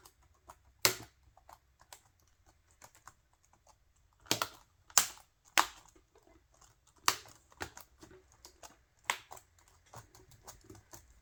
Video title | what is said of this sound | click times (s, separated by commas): FIXING HP EliteBook 840G4 DEAD KEYBOARD .Installing a keyboard on a laptop (4K) | and then you press it down until you hear those snapping noises. | 0.8 s, 4.3 s, 5.0 s, 5.6 s, 7.1 s, 9.1 s